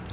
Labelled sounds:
Palm Warbler flight call

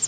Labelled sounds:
Pine Warbler flight call

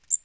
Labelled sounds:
Magnolia Warbler flight call

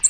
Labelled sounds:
American Redstart flight call

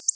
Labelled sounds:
Black-throated Blue Warbler flight call

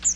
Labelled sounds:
Chestnut-sided Warbler flight call

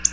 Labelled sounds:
Black-throated Blue Warbler flight call

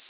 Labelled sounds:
Prairie Warbler flight call

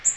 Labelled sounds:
Magnolia Warbler flight call

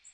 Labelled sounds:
Magnolia Warbler flight call

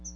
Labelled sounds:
Chestnut-sided Warbler flight call

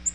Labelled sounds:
Nashville Warbler flight call

